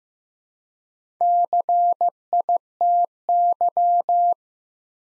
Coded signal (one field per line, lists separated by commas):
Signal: Morse code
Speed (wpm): 15 wpm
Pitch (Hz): 700 Hz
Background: none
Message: CITY